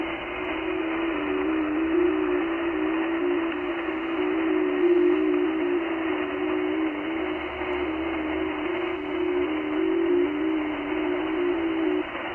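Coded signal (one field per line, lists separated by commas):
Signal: FT8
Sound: a low steady warbling tone shifting slightly in pitch over hiss, about 12 seconds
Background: radio static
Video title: 3D2CR, Conway Reef, Pacific Ocean, OC-112, 10MHz, FT8, Worked by HL2WA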